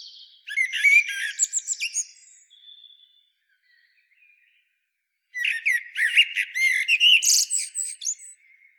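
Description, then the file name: Common blackbird making two bursts of scratchy, squeaky chattering phrases about five seconds apart, with soft thin notes in between. "Turdus merula"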